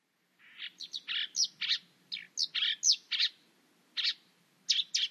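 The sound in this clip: Bird chirping in a busy, irregular run of sharp high notes, spaced unevenly with brief gaps; no other clear sounds.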